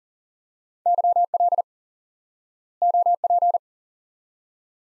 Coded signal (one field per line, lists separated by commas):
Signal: Morse code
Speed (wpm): 40 wpm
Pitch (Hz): 700 Hz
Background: none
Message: YL OP